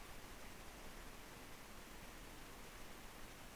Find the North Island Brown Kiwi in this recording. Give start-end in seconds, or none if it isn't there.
none